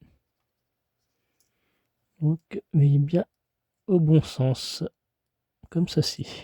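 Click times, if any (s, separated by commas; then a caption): none. A model Ferrari 330 fuel tank is held and turned to face the correct direction in line with its chassis mount, ready to be pressed home, while someone talks. Only a very faint tick is heard near 1.4 s; nothing has seated or clicked yet.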